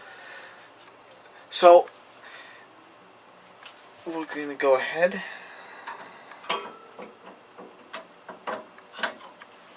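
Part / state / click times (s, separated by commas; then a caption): CPU heatsink retention clip onto motherboard bracket / not seated / none. After thermal paste has been applied, a CPU heatsink's metal retention clip is handled over its plastic motherboard bracket while someone talks. Light handling taps and rubs are heard around 3.7, 6.5, 7.9 and 9.0 seconds. Nothing has clicked or seated yet.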